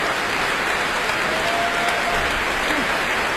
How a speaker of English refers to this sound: that tremendous applause that they gave her for that presto by Bach